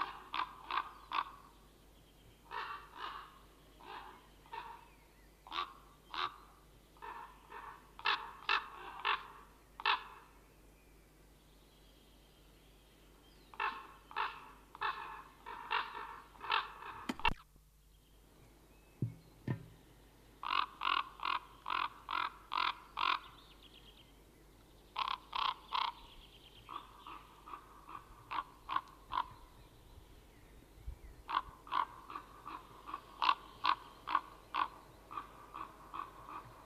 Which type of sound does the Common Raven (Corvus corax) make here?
call